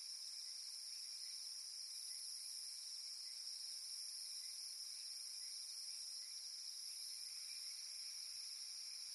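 Cicada: continuous shrill, even layered hiss that neither rises nor pauses across the whole stretch.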